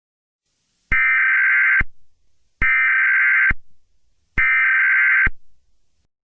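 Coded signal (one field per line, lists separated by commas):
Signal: Emergency Alert System (SAME) tones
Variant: header bursts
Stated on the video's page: Fictional World War 3 EAS scenario.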